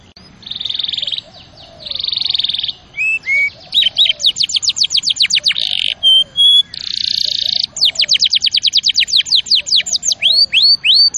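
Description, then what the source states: Canary song mixing dense buzzy rolls, clear whistled notes and rapid descending trills in a continuous varied flow, with quiet lower chirps behind. Champion canary song used as a tutor recording (masteran) for training other birds.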